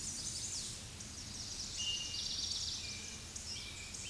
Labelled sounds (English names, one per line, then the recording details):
Eastern Towhee song
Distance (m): 20 m
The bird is about 5 m above the microphone
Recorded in a Pennsylvania forest on 16 May 2024 at 07:39
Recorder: AudioMoth, point MSD-1405
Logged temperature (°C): 15.6 °C
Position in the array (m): 181 m, 181 m